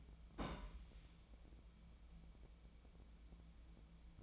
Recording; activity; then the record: daily activity, microphone in the room; place on stove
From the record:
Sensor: 1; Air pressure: 1010.0 hPa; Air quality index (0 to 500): 187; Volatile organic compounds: 17 ppm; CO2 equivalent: 2568 ppm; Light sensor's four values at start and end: 38/98/41/50 and 38/97/40/49